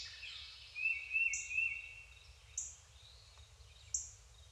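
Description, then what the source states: Songbirds: a lower warbled phrase early on, with three short, sharp high notes spaced just over a second apart. Deciduous forest, daytime.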